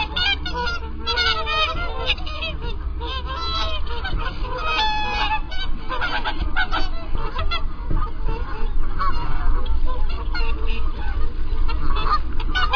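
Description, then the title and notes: Whooper swans calling together, a continuous chorus of overlapping bugling honks over a steady low rumble. "Sangsvane by forskningno"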